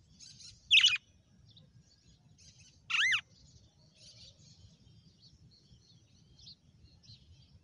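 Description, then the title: Red-cowled cardinal producing two strong, downward-swooping notes about two seconds apart, followed by faint soft chirps and a low background hum. Female red-cowled cardinal; title names a bird Fenrir and says it gave 'açoite' that day. "Canto Galo Campina Fêmea 06. GALO DE CAMPINA FENRIR - HJ FOI AÇOITE VIU??"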